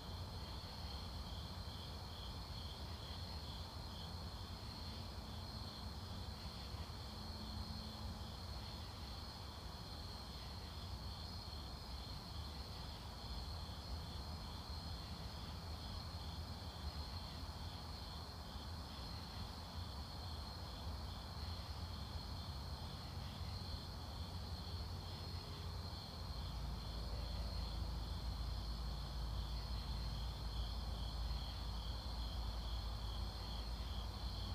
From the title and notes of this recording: ASMR Fall Night Outside.